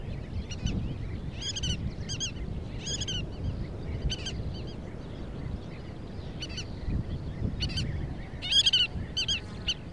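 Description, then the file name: Collared pratincole calls, clipped stacked chirps repeated irregularly in short clusters, with steady low background noise throughout. "canasteracomun"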